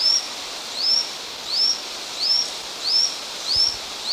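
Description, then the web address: Lanceolated monklet singing: a series of high rising whistled notes, one roughly every two-thirds of a second, clear against a constant hiss. Two birds singing; eastern lowlands of South America. "Natures Songs S America Eastern Lowlands. Micromonacha lanceolata, songs 2 birds"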